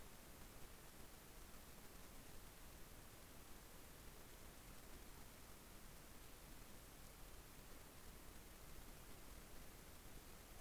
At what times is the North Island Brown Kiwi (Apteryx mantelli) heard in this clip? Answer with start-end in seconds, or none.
none